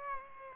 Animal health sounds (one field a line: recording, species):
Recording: mosquito wingbeat signal from an infrared sensor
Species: Aedes aegypti